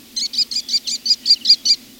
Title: American Kestrel